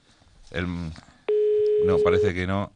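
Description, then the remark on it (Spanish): A single steady, mid-pitched telephone ringback tone sounds for about a second, the ringing heard on an outgoing call to a restaurant, while a man keeps talking before and over it. “Incluso debe estar apareciendo en estamos llamando ya al otro, estamos, queridos compañeros.”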